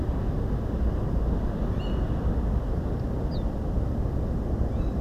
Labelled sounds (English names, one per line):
Tawny Owl
Ortolan Bunting